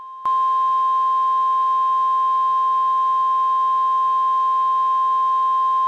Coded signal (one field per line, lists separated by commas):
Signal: Emergency Alert System (SAME) tones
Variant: 1050 Hz attention tone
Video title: EAS Scenario: Terrible Tuesday